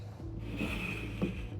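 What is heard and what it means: The grommet on a NutriMill Impact Grain Mill's flour canister is lined up with the flour spout on the mill body before being pushed on. Soft rubbing and handling noises play over a steady low hum, with a slightly louder bump near 1.2 s. Nothing has seated or clicked yet.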